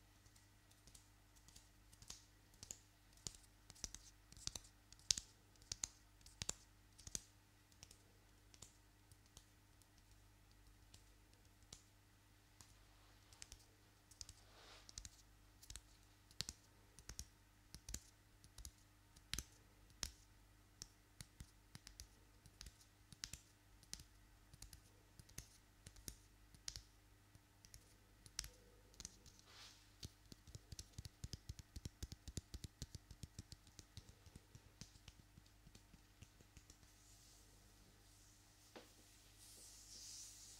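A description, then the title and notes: Long nails tap and click in quick, irregular bursts, like fingers typing on a keyboard, with short pauses between runs. Around the thirty-second mark the taps come in a faster, denser flurry. A low steady hum and faint hiss sit underneath throughout. ASMR Hands Sounds Movements Long Nails.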